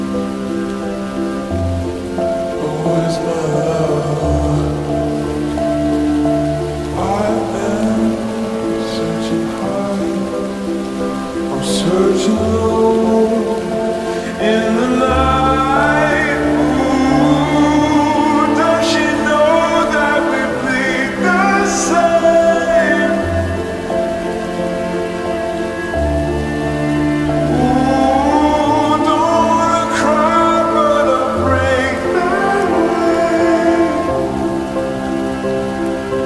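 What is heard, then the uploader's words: Steady rain patters beneath slow, sustained music. Deep bass notes change every few seconds while a melody drifts up and down above them, with brighter plucked or bowed accents now and then. The loudness stays even throughout. Dark academia atmosphere plus rain.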